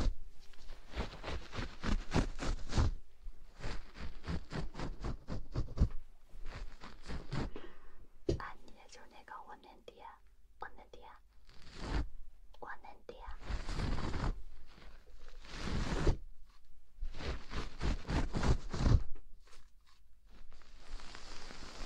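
Breathy air blown toward a microphone, alternating quick rapid-fire puffs with longer, drawn-out blows. Fast pulsing bursts come near the start, around seven seconds and again near eighteen, with slower sustained gusts between, over quiet, near-silent pauses.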